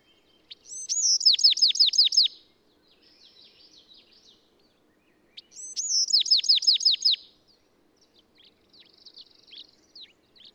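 Bird song with two bright phrases of rapid, high, down-slurred notes, each followed by soft, scratchy twitters; still surroundings.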